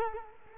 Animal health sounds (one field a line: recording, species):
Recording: mosquito wingbeat signal from an infrared sensor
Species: Culex quinquefasciatus